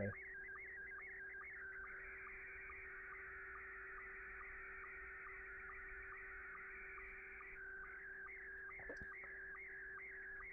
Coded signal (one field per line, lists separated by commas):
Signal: SSTV (slow-scan television)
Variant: Scottie 1